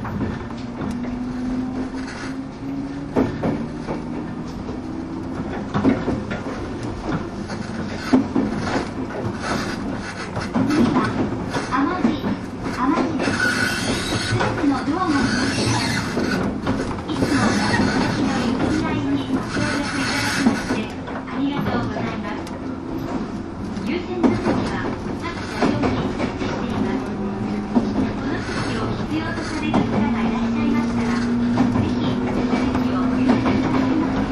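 A train runs along the Bantan Line with a steady, dense rumble throughout. A low droning tone rises and falls as the train changes speed, and sharp clicks and knocks from the wheels come at irregular intervals, with a few brighter hissing passages along the way.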